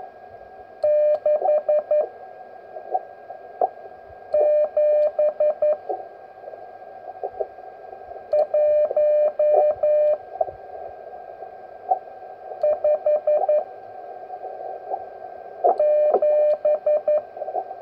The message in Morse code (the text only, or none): 6 7 1 5 7